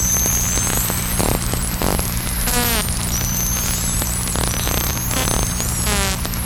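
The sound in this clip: Whale calls: fast pulsed sweeping notes and high whistles over constant underwater hum and static.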